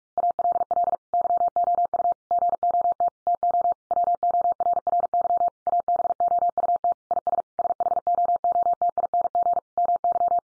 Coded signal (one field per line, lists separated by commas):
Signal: Morse code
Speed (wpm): 44 wpm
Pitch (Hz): 700 Hz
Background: none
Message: ALL YOU GOT TO WORRY ABOUT IS SHOOTING MY